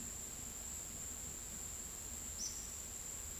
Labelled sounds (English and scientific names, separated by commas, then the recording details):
none
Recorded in secondary vegetation near Puerto Asís, Putumayo, Colombia, on 22 December 2024 at 15:00
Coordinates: 0.468, -76.324
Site G095